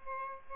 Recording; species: mosquito wingbeat signal from an infrared sensor; Aedes albopictus